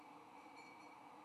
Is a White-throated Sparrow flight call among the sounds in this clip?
no